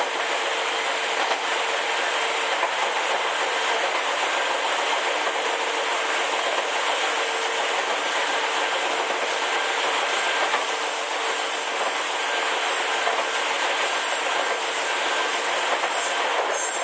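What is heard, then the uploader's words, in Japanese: Inside a train running between Izu-Kogen and Shimoda, a steady, dense rushing roar fills the whole clip at an even level. A low motor hum holds a constant pitch underneath, with faint wheel clatter now and then but no distinct events. 伊豆急8000系 伊豆高原〜伊豆急下田。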